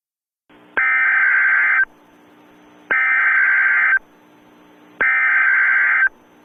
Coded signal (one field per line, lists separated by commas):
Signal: Emergency Alert System (SAME) tones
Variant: header bursts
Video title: EAS in Television: "War of the Worlds"